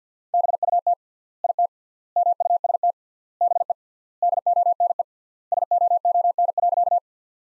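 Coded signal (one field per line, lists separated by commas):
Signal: Morse code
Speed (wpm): 50 wpm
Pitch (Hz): 700 Hz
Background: none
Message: BUT IT MUST BE DONE SOON.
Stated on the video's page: Morse sentences built from the top 500 words at 50 wpm with 3x standard word spacing, a word-level analogue of Farnsworth spacing, for head-copy practice.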